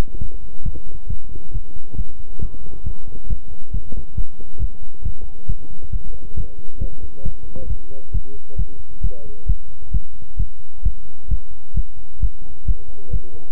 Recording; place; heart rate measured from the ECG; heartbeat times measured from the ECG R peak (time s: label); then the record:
heart sounds by stethoscope; between the tricuspid and mitral areas; 135 bpm
0.18 s: heartbeat
0.63 s: heartbeat
1.07 s: heartbeat
1.52 s: heartbeat
1.95 s: heartbeat
2.40 s: heartbeat
2.84 s: heartbeat
3.27 s: heartbeat
3.71 s: heartbeat
4.15 s: heartbeat
4.59 s: heartbeat
5.03 s: heartbeat
5.47 s: heartbeat
5.90 s: heartbeat
6.35 s: heartbeat
6.79 s: heartbeat
7.23 s: heartbeat
7.67 s: heartbeat
8.12 s: heartbeat
8.56 s: heartbeat
9.01 s: heartbeat
9.46 s: heartbeat
9.91 s: heartbeat
10.37 s: heartbeat
10.83 s: heartbeat
11.28 s: heartbeat
11.74 s: heartbeat
12.20 s: heartbeat
12.65 s: heartbeat
13.10 s: heartbeat
From the record:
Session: pedaling a stationary bicycle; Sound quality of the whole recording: good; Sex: male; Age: 24 years